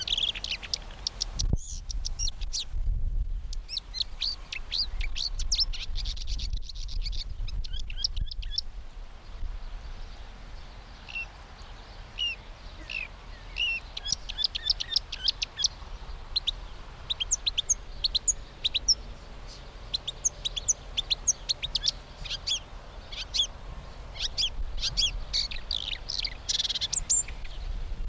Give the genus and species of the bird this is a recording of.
Acrocephalus palustris